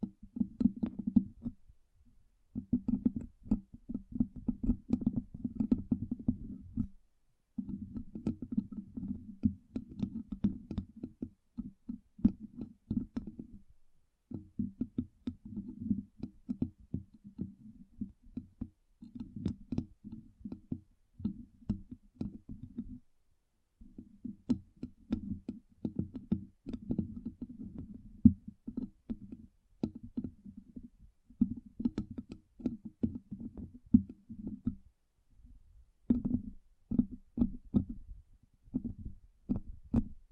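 Rapid, dense tapping runs in bursts of several seconds with brief silent gaps, around 7, 13, 23 and 35 seconds. The taps are soft and low with a dull hollow tone, occasionally sharper clicks standing out. No voice is heard.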